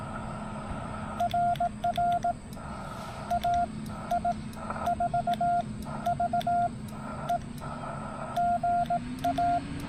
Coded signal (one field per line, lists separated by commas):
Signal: Morse code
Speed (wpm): 18 wpm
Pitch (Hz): 690 Hz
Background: none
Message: RR AI4VE GA